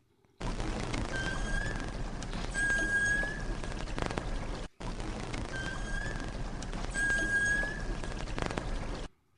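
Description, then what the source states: Beluga whale vocalizing: thin, slightly rising whistles among dense crackling clicks, the same short sequence heard twice in a row. The same sound is repeated over and over several times.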